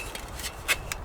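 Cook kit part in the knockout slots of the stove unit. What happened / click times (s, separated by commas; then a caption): The part twisted and locked into place / 0.9 s. A part of a Fire Maple camping cook kit with gas burner is pushed down into the knockout slots of the stove unit and rotated until it locks. Soft shuffling and a faint knock at 0.15 s lead to a sharp click at 0.9 s, and the part is seated and locked in place.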